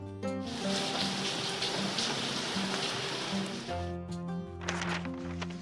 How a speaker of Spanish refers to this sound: Que deje de llover.